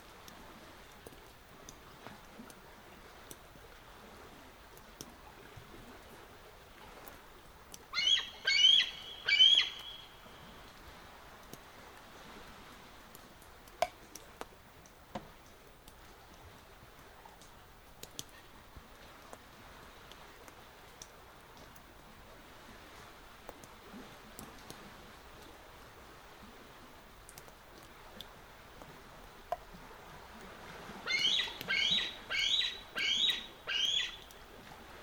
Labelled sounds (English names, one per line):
Bald Eagle